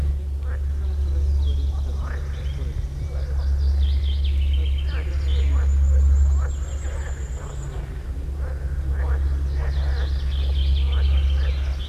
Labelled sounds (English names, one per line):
Common Firecrest song